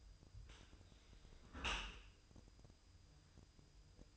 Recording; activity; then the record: daily activity, microphone in the room; close dishwasher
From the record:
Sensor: 2